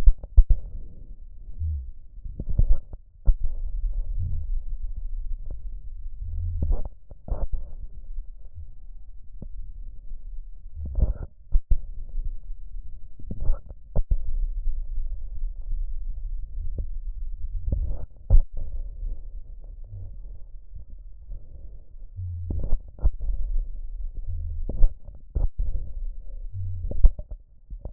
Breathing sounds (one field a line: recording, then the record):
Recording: lung sounds by stethoscope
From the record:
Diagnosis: emphysema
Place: left posterior upper chest